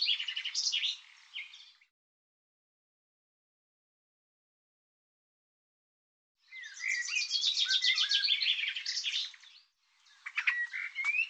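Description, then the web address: Small bird singing: a short twittering burst, a long silent gap, then a long fast, high, buzzy trilled phrase followed by sharp clicks and chirps. Recording cleaned and normalized; bird labelled 'Tu Me Tu Me'. "cianscape birddata Deverinetal 2025 File cleaned normalized Bird Tu Me Tu Me"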